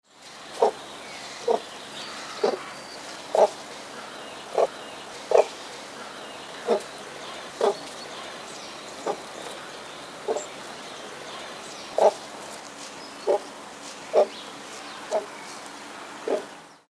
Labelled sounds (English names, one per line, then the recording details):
Gray Crowned-Crane
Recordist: Tembrock, Günter
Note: Kurzlaute eines Tieres